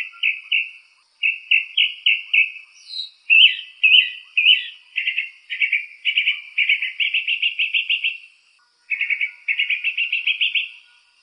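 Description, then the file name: Mockingbird singing clear, repeated chirps in quick groups, switching phrase types every few seconds, with short gaps between bursts; no other clear sounds. "mockingbird ekorpanjang"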